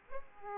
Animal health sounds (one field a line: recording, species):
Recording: mosquito wingbeat signal from an infrared sensor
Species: Aedes aegypti